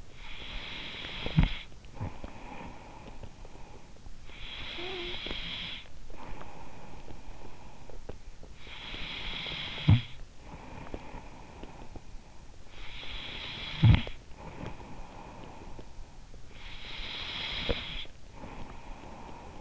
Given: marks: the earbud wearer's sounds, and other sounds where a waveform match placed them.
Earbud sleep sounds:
sounds in sleep by an in-ear microphone; snoring breath, breath
0.30-4.05 s: snoring breath
4.05-8.55 s: breath
8.55-16.62 s: snoring breath
16.62-19.61 s: breath

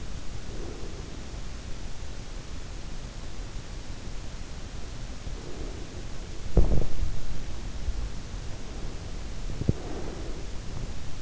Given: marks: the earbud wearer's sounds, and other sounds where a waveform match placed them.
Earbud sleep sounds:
sounds in sleep by an in-ear microphone; breath, teeth grinding
0.00-2.05 s: breath
4.82-6.18 s: breath
6.18-6.93 s: teeth grinding
9.41-11.22 s: breath

